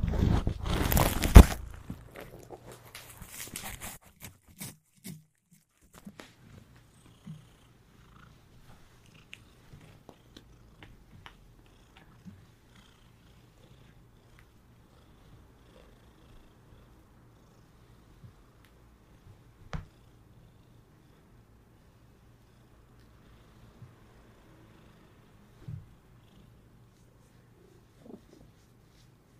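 A cat purrs in a low, steady rumble that runs through the whole recording. A loud rustling burst opens the first second or two, then small clicks, taps and soft mouth sounds come at scattered intervals, with sharper ticks near 20 and 26 seconds.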